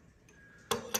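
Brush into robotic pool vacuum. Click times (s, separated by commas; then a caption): 0.7 s, 1.0 s. A plastic brush is pressed down into the two slots on a robotic pool vacuum. Two sharp clicks sound at 0.7 s and 1.0 s, after a faint tap at 0.3 s, and the brush seats in place.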